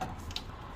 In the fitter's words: snap right in.